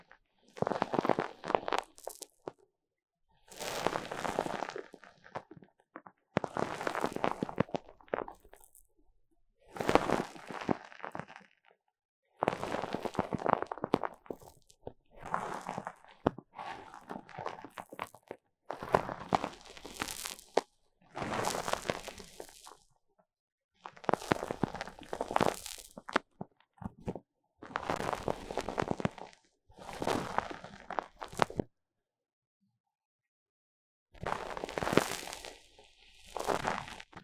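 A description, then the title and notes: Foam is rubbed and squeezed against the ears in repeated bursts of crackly, crunching texture, each lasting one to three seconds with short silent gaps between. The strokes come fairly regularly, around ten or more across the clip, with a full pause near thirty-three seconds. 3Dio Foam and Tingly Ear Massage for Stress Relief. 耳朵泡沫按摩抒壓. NoTalking.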